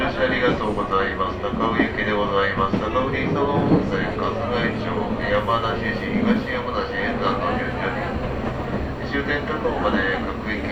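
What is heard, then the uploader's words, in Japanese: Inside a Chuo Line local train, a crowd of high school students chatters continuously, many voices overlapping with no pauses. Beneath the talk runs a steady low rumble of the moving train, with a faint sustained hum that holds through most of the recording. 中央東線 普通 韮崎→東山梨。韮崎を出てもまだ下り続けて甲府盆地に入ります。甲府に着くと学校帰りの高校生がドッと乗ってきて車内が混雑してきます。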